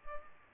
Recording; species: mosquito wingbeat signal from an infrared sensor; Culex pipiens